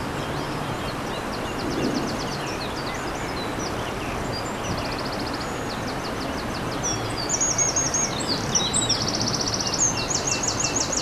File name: MZ-N 710 Troglodyte mignon ruisseau 21 04 15